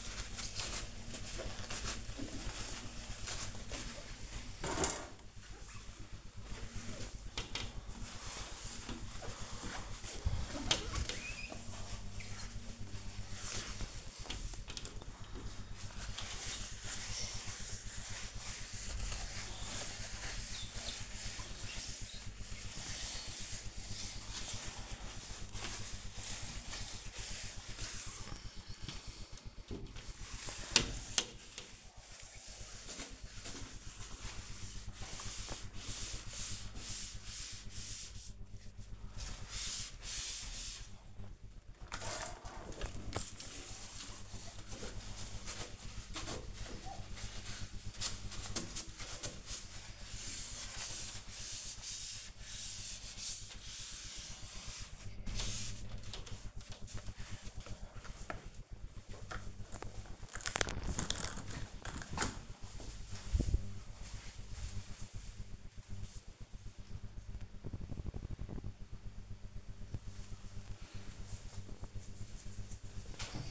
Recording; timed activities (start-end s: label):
household activities, microphone on the right wrist
0.00-58.17 s: window cleaning